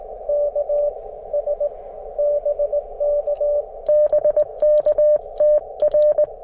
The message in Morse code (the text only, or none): KS BK BK TR